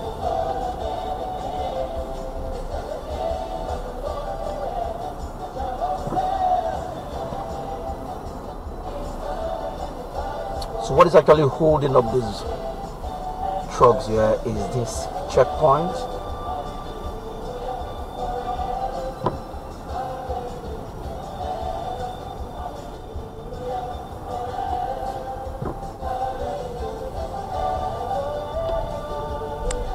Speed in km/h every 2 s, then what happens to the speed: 3, 0, 2, 5, 3, 3, 2, 2, 2, 3, 8, 6, 5, 8, 8.
1-4 standing. 4-11 steady at about 3. 11-17 standing. 17-20 pulls away to 8. 20-30 steady at about 8.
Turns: none.